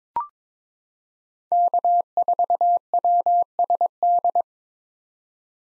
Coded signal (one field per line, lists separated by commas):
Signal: Morse code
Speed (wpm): 22 wpm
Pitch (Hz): 700 Hz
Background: none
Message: K4WSD